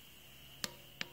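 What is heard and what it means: During a valve adjustment on a Foxbody swap engine, a steel rocker arm adjusting nut on a valvetrain stud is turned about half a turn until the adjustment tool clicks at its set point. Two sharp, short clicks are heard at 0.6 s and 1.0 s over a quiet steady hum, and the click may come from a torque-limiting tool or from the rocker preload.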